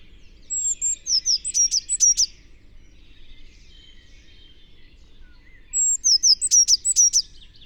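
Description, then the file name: Eurasian blue tit giving two phrases that start with thin descending whistles and run into quick, sharp high chips, about five seconds apart. "Cyanistes caeruleus"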